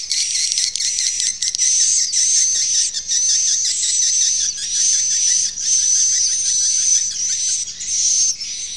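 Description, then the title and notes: Swiftlet calls: pulsing high chirps in rapid rhythm beneath a steady thin whistle, with a few short dips in volume. Used in swiftlet farming in Asia. "Swiflet Bird Sound. Farming Swiflet Bird asia sound"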